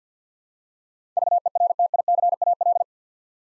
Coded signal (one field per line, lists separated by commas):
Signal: Morse code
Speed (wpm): 50 wpm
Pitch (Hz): 700 Hz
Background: none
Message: VERTICAL